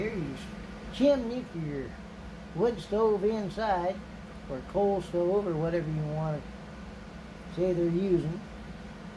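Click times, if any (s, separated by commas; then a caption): none. A small plastic chimney (stove stack) is handled over the roof of an Athearn Blue Box Southern Pacific model caboose kit while someone talks over a steady low hum. Nothing has seated or clicked yet; the chimney is not yet home when the clip ends.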